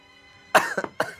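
An adult man coughs twice; he has had influenza for a couple of weeks.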